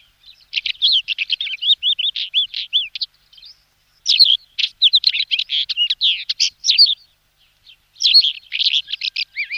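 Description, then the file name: Isabelline wheatear song: a fast, scratchy medley of chirps and trills delivered in three long bursts with brief gaps. "Kamenka plyasunya"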